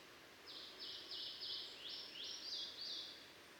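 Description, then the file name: Eurasian wren calls: a run of about eight harsh, high, buzzy notes repeated quickly over three seconds, with steady soft background noise. "Troglodytes troglodytes"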